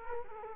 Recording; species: mosquito wingbeat signal from an infrared sensor; Culex quinquefasciatus